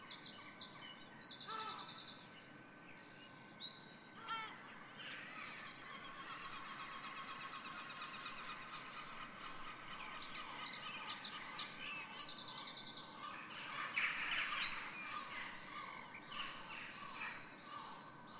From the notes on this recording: With Jackdaws, Seagulls and a pigeon added to the usual bunch (Blackbird, Robin, Wren etc.)